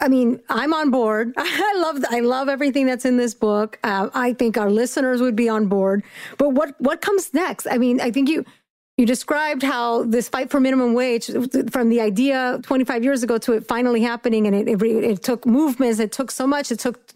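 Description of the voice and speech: A woman speaks fluently in a clear, steady voice at a conversational pace; ordinary speech without disorder.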